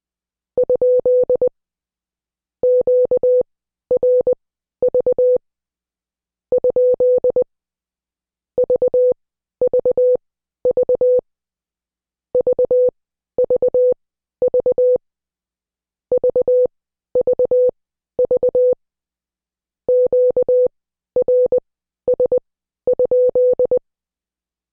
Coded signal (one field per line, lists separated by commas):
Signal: Morse code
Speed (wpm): 20 wpm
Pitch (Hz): 500 Hz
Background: none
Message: ? QRV ? VVV VVV VVV QRS?